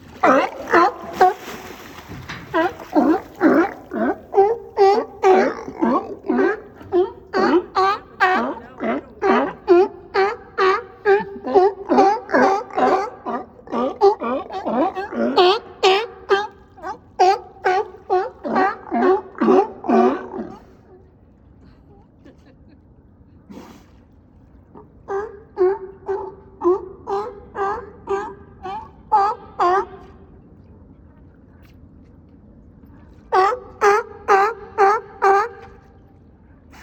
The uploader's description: One sea lion surges up onto a dock, while the other one swims back and forth, croaking.